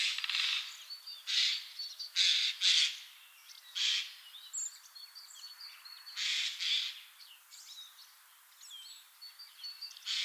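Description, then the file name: Eurasian jay giving harsh, rasping screeches, single and in quick pairs, scattered throughout, with thin chirps of small songbirds between them. "Garrulus glandarius"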